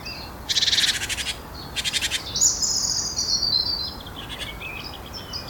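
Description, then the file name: Great tit buzzy scolding churrs: two rasping bursts close together, followed by a high thin whistled note and scattered soft chirps from other birds. "Parus major"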